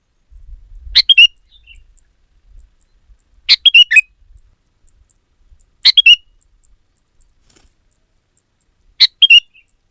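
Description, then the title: Sooty-headed bulbul with four short chirpy phrases, each a sharp note followed by a couple of liquid ones, separated by quiet gaps. "kutilang"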